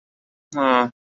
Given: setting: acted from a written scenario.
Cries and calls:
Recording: vocal sound without words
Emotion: sympathy

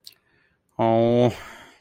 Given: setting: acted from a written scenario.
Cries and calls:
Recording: vocal sound without words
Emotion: disappointment

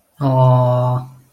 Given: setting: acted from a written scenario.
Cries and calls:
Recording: vocal sound without words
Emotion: adoration

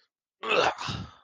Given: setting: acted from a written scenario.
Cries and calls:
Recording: vocal sound without words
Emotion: disgust

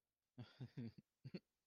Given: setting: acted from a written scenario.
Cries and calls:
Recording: vocal sound without words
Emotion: amusement

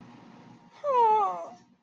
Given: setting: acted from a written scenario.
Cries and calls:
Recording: vocal sound without words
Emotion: elation

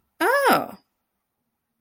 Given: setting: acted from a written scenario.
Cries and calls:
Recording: vocal sound without words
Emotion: realization

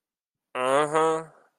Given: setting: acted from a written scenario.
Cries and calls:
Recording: vocal sound without words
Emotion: contempt

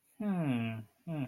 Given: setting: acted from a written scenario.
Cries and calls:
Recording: vocal sound without words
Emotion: neutral

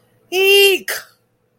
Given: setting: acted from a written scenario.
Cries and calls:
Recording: vocal sound without words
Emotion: fear

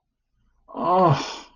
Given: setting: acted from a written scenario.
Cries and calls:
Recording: vocal sound without words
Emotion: relief

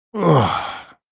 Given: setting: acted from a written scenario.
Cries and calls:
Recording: vocal sound without words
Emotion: ecstasy

